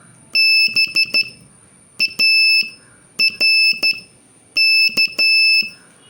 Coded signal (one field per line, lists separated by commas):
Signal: Morse code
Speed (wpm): 12 wpm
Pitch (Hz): 2650 Hz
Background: none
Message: BARK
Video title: Morse Code Practice Session 7